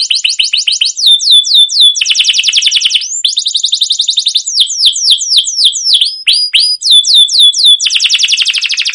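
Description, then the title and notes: Canary singing continuously, alternating rapid buzzy trills with series of quick downward-swept whistled notes, loud and unbroken throughout. Long continuous canary song used as a lure to train other canaries to sing. "CUIT CUIT NGEROL LANGSUNG GACOR PANJANG Kenari Ini AMPUH Utk Pancingan KENARI. burung kenari"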